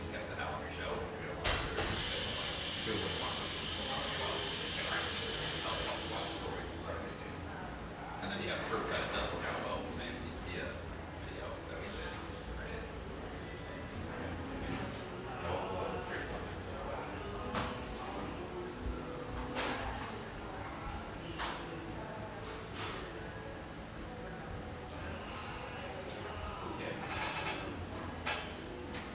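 Espresso bar chatter: steady overlapping voices, frequent cup and dish clinks, and a bright hiss of steam during the first six seconds.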